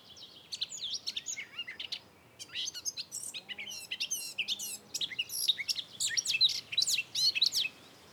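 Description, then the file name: Eurasian blackcap pouring out a continuous chattering warble, briefly hesitating near two seconds, then growing louder and busier toward the end. "Sylvia atricapilla"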